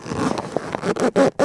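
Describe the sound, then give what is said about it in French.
Dry, papery rubbing on newspaper, an irregular scratchy rustle that builds into three louder, rhythmic strokes near the end. No voices. “Sur papier journal.”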